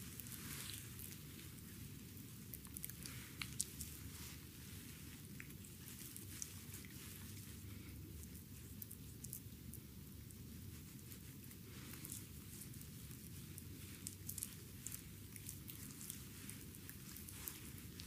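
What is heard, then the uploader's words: A foot massage with rose petals makes a steady, dense crackle much like rain pattering on a surface, over a constant low rumble. Small sharp ticks and pops scatter irregularly throughout, and the level stays even from start to finish. Very tenderly ASMR foot massage with rose petals. Delicate and romantic foot massage with rose petals.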